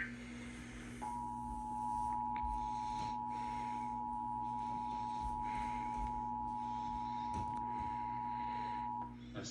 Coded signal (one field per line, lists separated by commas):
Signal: Emergency Alert System (SAME) tones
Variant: 853 and 960 Hz attention tone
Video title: Monterey's Got It Jacked Up! (Monthly EAS Tests from 7/5/23) (EAS #1,350-1,356)